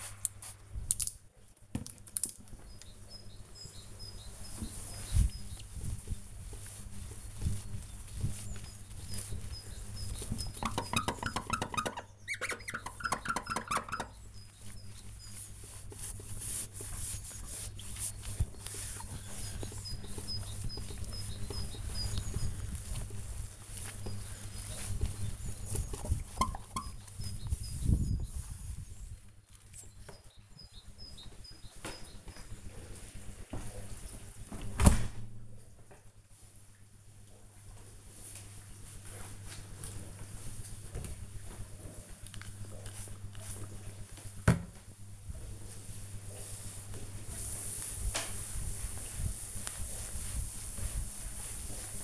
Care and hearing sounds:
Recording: household activities, microphone on the right wrist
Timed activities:
0.00-33.54 s: window cleaning
43.64-52.04 s: cleaning table

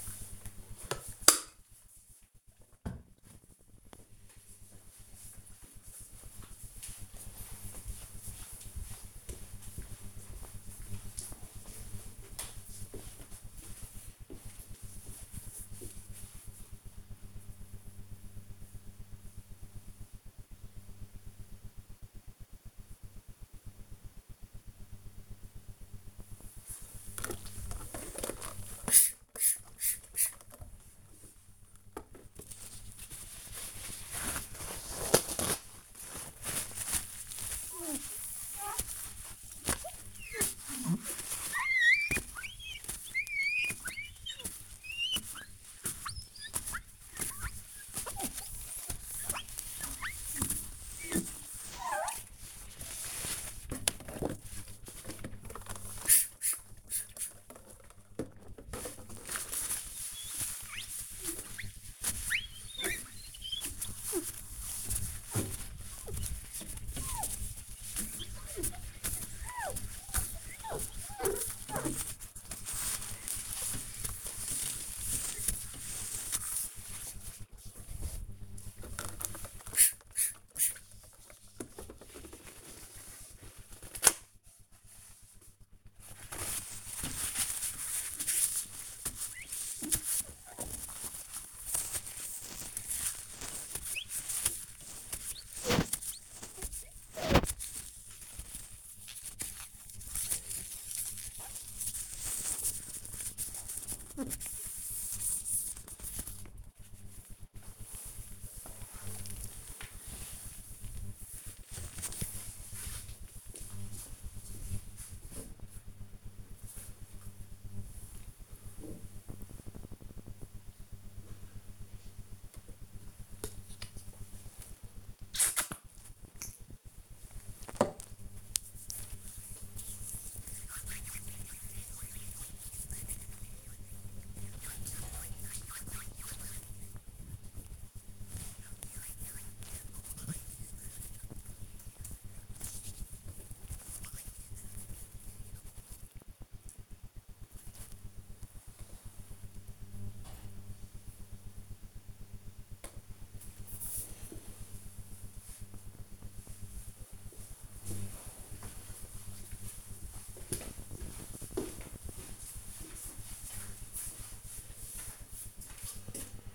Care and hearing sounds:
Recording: household activities, microphone on the right wrist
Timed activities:
25.81-106.09 s: window cleaning
122.18-148.29 s: disinfecting hands
143.28 s: note: voice

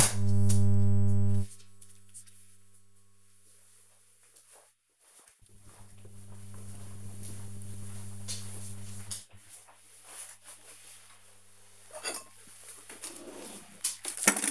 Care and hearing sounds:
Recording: household activities, microphone on the right wrist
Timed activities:
10.82-14.50 s: putting away the dishes

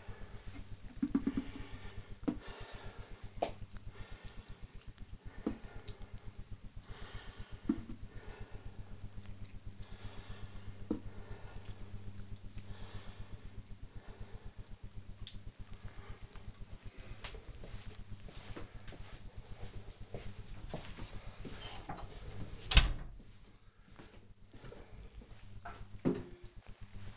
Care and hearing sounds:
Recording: household activities, microphone on the right wrist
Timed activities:
0.00-16.44 s: watering plant

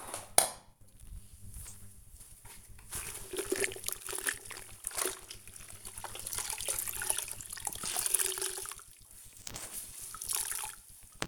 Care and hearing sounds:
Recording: household activities, microphone on the right wrist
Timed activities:
0.00-11.28 s: floor cleaning

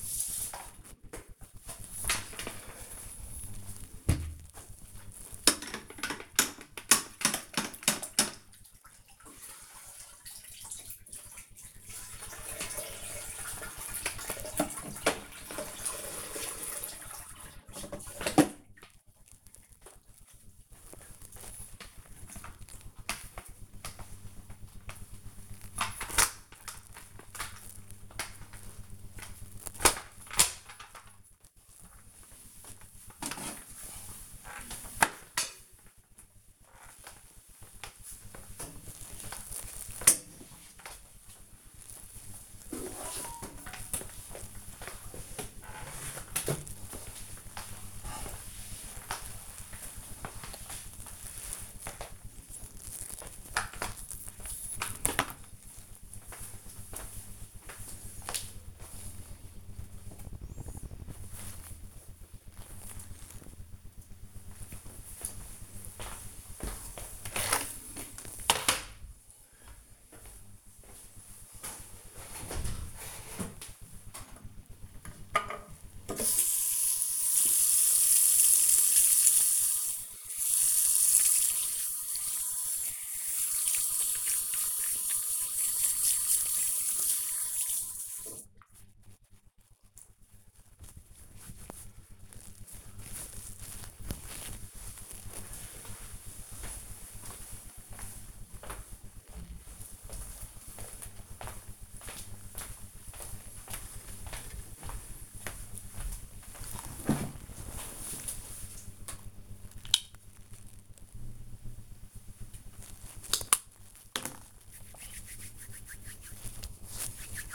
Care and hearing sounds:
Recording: household activities, microphone on the right wrist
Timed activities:
0.00-54.88 s: floor cleaning
74.03-89.18 s: washing hands
108.34-117.55 s: cream hands

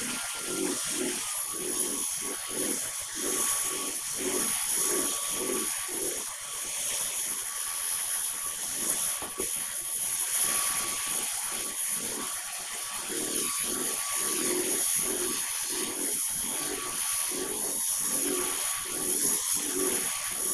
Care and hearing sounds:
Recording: household activities, microphone on the right wrist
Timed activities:
0.00-20.54 s: vacuum cleaning

